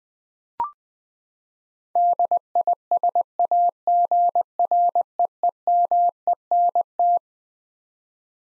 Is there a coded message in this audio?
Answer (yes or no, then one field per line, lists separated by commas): yes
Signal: Morse code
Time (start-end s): 2.0-7.2 s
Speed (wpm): 21 wpm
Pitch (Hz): 700 Hz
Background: none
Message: DISAGREEMENT